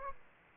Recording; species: mosquito wingbeat signal from an infrared sensor; Aedes aegypti